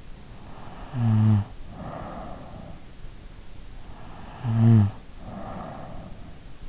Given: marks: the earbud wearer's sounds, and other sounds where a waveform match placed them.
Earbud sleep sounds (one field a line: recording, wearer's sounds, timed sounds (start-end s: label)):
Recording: sounds in sleep by an in-ear microphone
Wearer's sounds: snoring breath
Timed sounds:
0.20-3.00 s: snoring breath
3.71-6.51 s: snoring breath